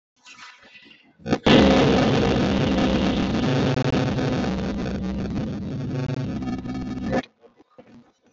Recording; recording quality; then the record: sustained vowel as in made; poor, much background noise or distortion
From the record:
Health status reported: respiratory illness, not identified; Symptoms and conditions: asthma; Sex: male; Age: 36 years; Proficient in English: yes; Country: India